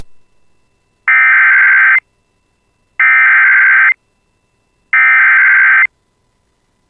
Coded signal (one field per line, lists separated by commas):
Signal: Emergency Alert System (SAME) tones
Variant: header bursts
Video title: [EAS] Second Severe Thunderstorm Warning of the Day For Red Lake Nation and Kelliher (7/24/26)